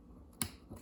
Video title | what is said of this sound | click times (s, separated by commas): ABU Garcia Brake Blocks Adjustment Explained UC 4600C 5500C 5500CS Rocket 6500CS Rocket | when you push it in you hear it snap | 0.4 s